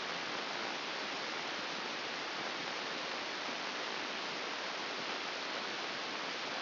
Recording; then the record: brain microelectrode recording played as sound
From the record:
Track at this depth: outside the subthalamic nucleus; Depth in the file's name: 8.904 mm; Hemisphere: left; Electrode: 2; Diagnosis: Parkinson's disease